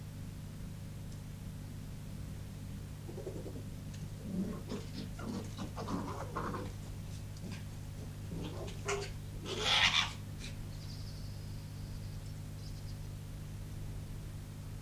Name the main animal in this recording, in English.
Arctic Fox